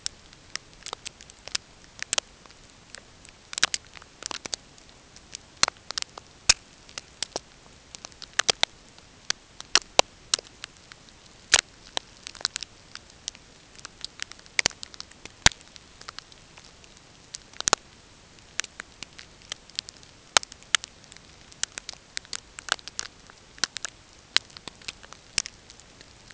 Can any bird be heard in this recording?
no